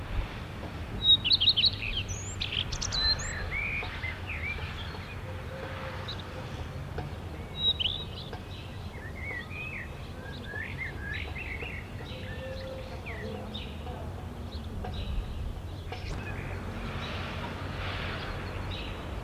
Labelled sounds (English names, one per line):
Common Redstart song